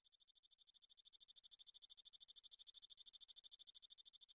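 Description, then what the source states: Grasshopper giving a high, rapid, evenly pulsed trill, steady throughout with no other sounds. Identified as the belalang raja, a named kind of grasshopper.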